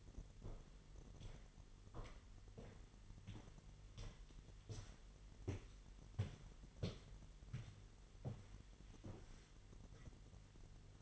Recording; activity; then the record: daily activity, microphone in the room; walk to room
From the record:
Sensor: 4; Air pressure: 989.0 hPa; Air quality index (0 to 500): 206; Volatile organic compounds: 52 ppm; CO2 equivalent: 3326 ppm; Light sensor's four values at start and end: 29/98/36/38 and 29/97/36/38